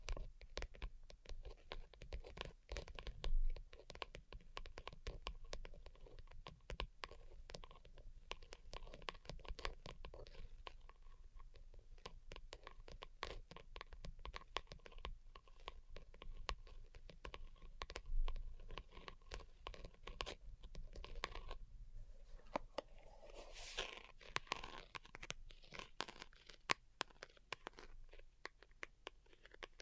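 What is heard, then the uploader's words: Delicate tapping in dense, irregular clusters throughout, with crisp scratchy and crunchy touches and a brief swishing rustle around twenty-four seconds. ASMR DELICATE Tapping for Sleep (No Talking).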